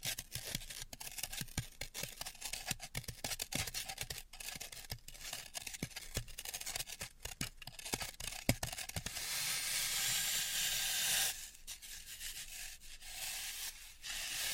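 Floral foam is tapped and crushed, starting with dense, irregular crisp clicks and crunches through the first eight seconds, with one sharp louder snap near eight and a half seconds. After that the crushing turns into a steady, bright hissing crumble, pausing briefly around eleven seconds before resuming.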